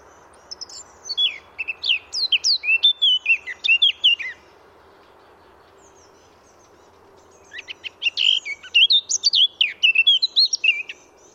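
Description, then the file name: Eurasian blackcap giving two bursts of song separated by a pause, each a fast, varied warble of chattering and whistled notes. "Sylvia atricapilla"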